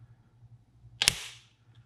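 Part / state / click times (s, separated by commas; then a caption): built-in bipod legs in rifle forend / released / 1.0 s, 1.1 s. The built-in bipod legs in the front of the polymer forend of a Steyr Scout Rifle in 6.5 Creedmoor are pulled back to de-cam and release them. After a quiet stretch, a sharp double snap sounds at 1.0 s and 1.1 s, with a bright ringing tail that fades by about 1.5 s. The bipod releases with a loud click.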